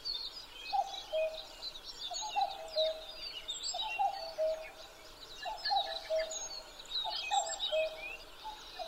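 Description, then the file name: Common cuckoo repeating its descending two-note cuckoo about every one and a half seconds, against a lively background of chirping and warbling birds. Recorded 12 June 2011 at 03:53. "kakkou-20110612-0353"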